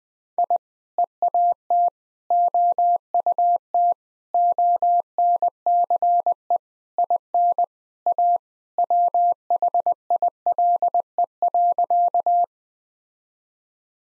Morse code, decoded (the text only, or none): I EAT OUT ONCE IN A WHILE.